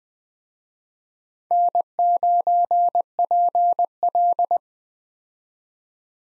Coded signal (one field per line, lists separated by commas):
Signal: Morse code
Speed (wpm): 20 wpm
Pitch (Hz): 700 Hz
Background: none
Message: N9PL